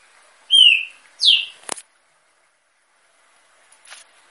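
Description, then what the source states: Green-winged saltator singing two clear whistled notes, the second sweeping downward, then a sharp click and a faint rustle a couple of seconds later. Female singing while warming up, kept in an aviary.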